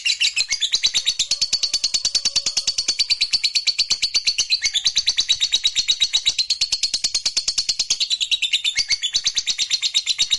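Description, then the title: Lovebird song made of continuous rapid, rasping high chatter, steady and loud for the whole ten seconds. Lovebird singing with spontaneous excitement, meant to rouse a lazy, quiet lovebird into song. "LOVEBIRD Malas Bunyi JADI GREGET SPONTAN Langsung NARIK"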